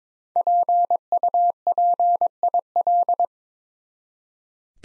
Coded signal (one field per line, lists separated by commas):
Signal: Morse code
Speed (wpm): 22 wpm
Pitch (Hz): 700 Hz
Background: none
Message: PUPIL